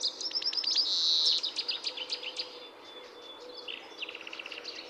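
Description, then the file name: European greenfinch: finch calls: a rapid rattling trill and a brief buzzy wheeze, then softer scattered chirps fading toward the end. "Chloris chloris"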